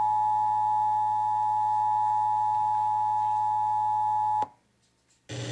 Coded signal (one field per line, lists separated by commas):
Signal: Emergency Alert System (SAME) tones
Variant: 853 and 960 Hz attention tone